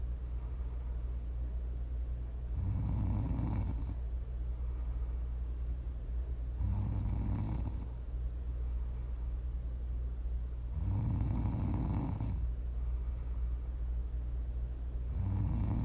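Four low, rumbling snores about every four seconds, roughly 15 breaths a minute, over steady low background hum.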